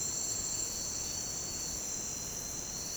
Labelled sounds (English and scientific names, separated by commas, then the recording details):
none
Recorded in secondary vegetation near Puerto Asís, Putumayo, Colombia, on 25 June 2025 at 08:00
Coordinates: 0.484, -76.319
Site G074